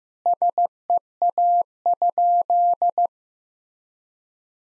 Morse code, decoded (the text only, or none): SEA?